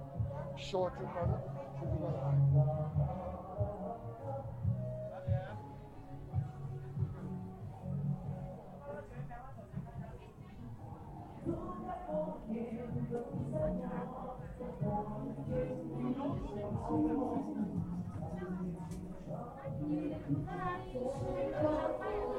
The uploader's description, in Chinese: 重庆洪崖洞